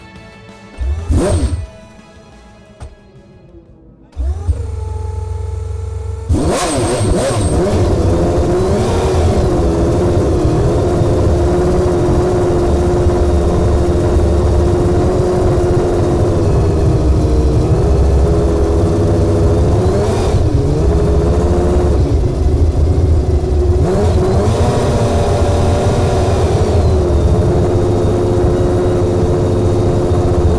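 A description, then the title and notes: A V12 engine recorded from inside the car at Sonoma. The first six seconds are quiet with a few sharp knocks and a brief low rumble, then the engine roars to life and holds a dense, steady, high-pitched drone, with small dips in pitch around 20 and 24 seconds. Ayrton Senna’s 1991 McLaren MP4-6 Honda V12 In-Car Audio at Sonoma 2023. Climb into the engine bay of Ayrton Senna's F1 world championship-winning 1991 McLaren MP4/6-Honda V12 driven by his countryman and Indy 500 winner Tony Kanaan during the 2023 edition of Velocity Invitational at Sonoma Raceway.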